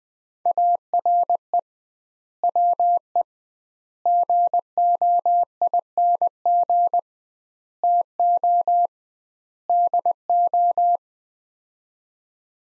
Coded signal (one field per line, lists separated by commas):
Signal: Morse code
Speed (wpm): 21 wpm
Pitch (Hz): 700 Hz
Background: none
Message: ARE WE GOING TO DO